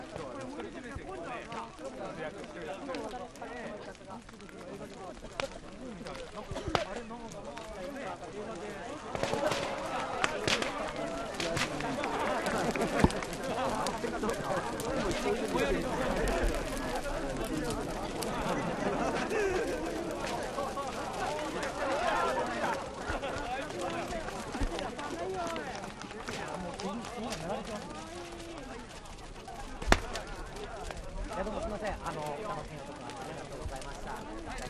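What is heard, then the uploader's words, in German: A festival for the road gods, heard as a dense, steady crowd of overlapping voices talking at once. The chatter swells slightly between about ten and twenty seconds, with a few sharp knocks or claps near 6, 13 and 30 seconds. Fest der Wegegötter. Im der japanischen Provinz Echigo liegt der Schnee oft bis in den Mai hinein meterhoch und bedeckt Landschaft und Dörfer.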